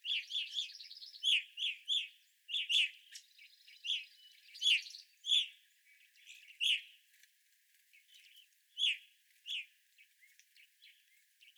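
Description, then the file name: Evening grosbeak flock chatter, a run of clear, sharp chirped notes that thins out later, with a brief buzzy trill mixed in. Several evening grosbeaks, recorded 25 April 2021. "2021-04-25 Evening Grosbeaks"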